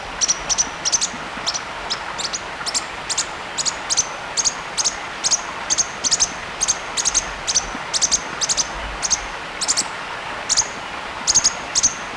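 Bird giving a long, steady series of high, short chirps, sometimes doubled, with a constant hiss beneath.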